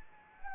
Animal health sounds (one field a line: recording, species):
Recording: mosquito wingbeat signal from an infrared sensor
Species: Anopheles gambiae